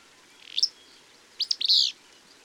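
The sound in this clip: Bird song: a short chirp, then after a pause a burst of several high notes.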